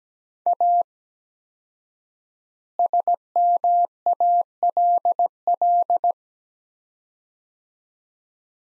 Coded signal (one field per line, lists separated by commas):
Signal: Morse code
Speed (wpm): 17 wpm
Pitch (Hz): 700 Hz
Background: none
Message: A SMALL